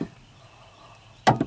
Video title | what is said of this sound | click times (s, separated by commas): DailyVlog1 - Fixing a Rough Idle on a Ford Ranger - Fixing Clutch Linkage on F150 - LS MT125 Tractor | right there you can positively snap | 1.3 s